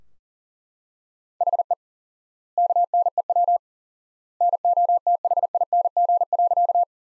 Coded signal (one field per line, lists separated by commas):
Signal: Morse code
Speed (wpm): 40 wpm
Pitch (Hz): 700 Hz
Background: none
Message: HE KNEW NOTHING.